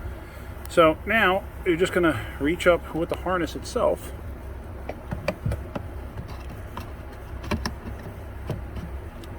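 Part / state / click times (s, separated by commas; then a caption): wiring harness connector into the blower motor resistor / seated / 7.7 s. Someone talks while reaching up under the dash with the blower motor wiring harness and pushing its plastic connector onto the new blower motor resistor. A few faint clicks and handling sounds follow, then the connector latches with a sharp click at 7.7 s, seating it.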